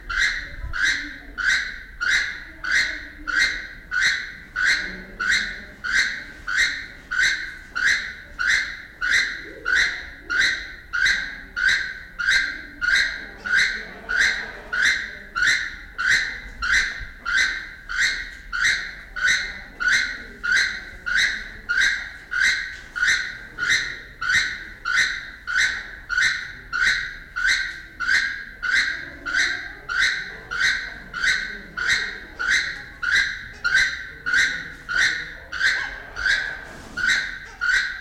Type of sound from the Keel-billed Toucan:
call